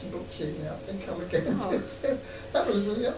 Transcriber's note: laughs